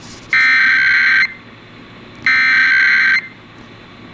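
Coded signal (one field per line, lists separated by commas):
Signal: Emergency Alert System (SAME) tones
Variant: header bursts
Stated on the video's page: Presidential emergency alert system test.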